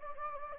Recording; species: mosquito wingbeat signal from an infrared sensor; Anopheles gambiae